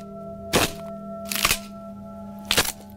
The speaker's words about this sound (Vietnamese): Bất chợt có tiếng cành cây gãy vang lên, làm cho Lý Hương giật mình ngẩng mặt.